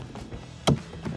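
A plastic door trim piece on a 2013-2018 RAM 1500 driver-side door, installed during a powered heated mirror install, is fitted into the door panel: one side goes in first, then the right side is pressed. A sharp click at 0.7 s marks the trim seating, with fainter handling taps around 0.2 s and 1.1 s.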